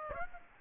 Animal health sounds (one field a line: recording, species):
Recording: mosquito wingbeat signal from an infrared sensor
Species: Aedes aegypti